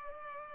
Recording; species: mosquito wingbeat signal from an infrared sensor; Culex pipiens